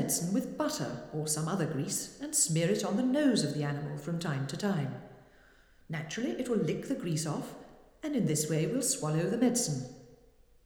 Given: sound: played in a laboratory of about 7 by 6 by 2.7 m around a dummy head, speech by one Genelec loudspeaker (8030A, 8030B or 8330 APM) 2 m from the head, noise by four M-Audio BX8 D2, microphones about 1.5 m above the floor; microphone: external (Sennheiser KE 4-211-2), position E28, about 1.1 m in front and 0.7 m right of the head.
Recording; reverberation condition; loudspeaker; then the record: female speech in English; high; 30 degrees to the right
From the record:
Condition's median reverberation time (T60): about 1300 ms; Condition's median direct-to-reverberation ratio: about -4.0 dB